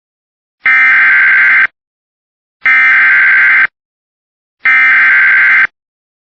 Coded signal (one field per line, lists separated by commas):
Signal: Emergency Alert System (SAME) tones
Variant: header bursts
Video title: EAS THUNDERSTORM WARNING IN TODD WY CHRISTIAN KY